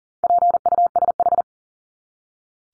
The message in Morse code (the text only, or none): PUSH